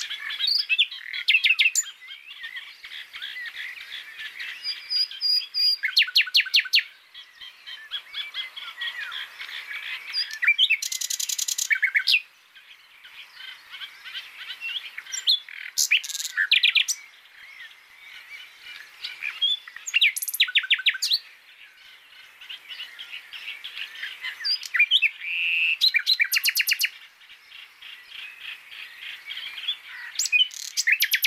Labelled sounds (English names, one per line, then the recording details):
Common Nightingale song
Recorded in the wild
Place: Waltershofen / Freiburg im Breisgau, Baden-Württemberg, DE
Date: 2003-05-31
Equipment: MiniDisc Sharp MT 20 H, Sennheiser MKH 816
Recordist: Schwarz, Dieter